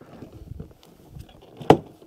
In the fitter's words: snaps right in there